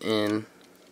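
A plastic back plate is handled while being fitted into the body of a plastic action figure during its transformation, and the part is about to pop into place. Someone talks briefly at the start, followed by faint low handling noise. Nothing has seated or clicked yet.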